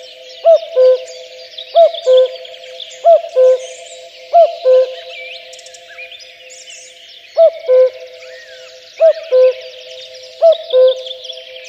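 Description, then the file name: Common cuckoo giving a series of cu-coo calls, four, a pause of a few seconds, then three more, with songbirds chattering throughout. "kakukk hangja"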